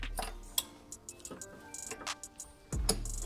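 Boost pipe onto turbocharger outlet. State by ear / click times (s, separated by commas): seated / 2.9 s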